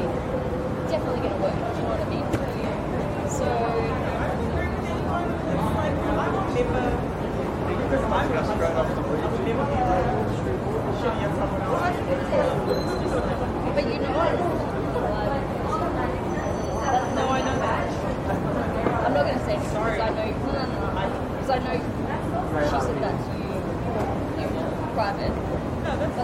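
City noise at Town Hall in Sydney: a steady, dense wash of overlapping voices and crowd chatter that holds the same level for the whole stretch. A low rumble runs underneath, and brief higher tones flicker through now and then, around the middle.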